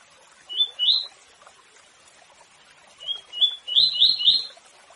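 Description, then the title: Seedeater giving two song phrases: a short pair of rising whistles, then a longer run of soft notes ending in rapid bright upslurs. Short song of the bird called papa-capim, rendered as tui tui. "Canto de Papa Capim. Canto Papa Capim Tui Tui curto"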